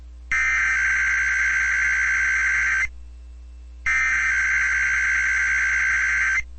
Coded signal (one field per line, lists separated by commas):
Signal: Emergency Alert System (SAME) tones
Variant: header bursts